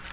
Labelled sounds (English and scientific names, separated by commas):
Nashville Warbler (Leiothlypis ruficapilla) flight call